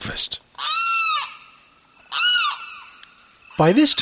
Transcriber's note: A Limpkin call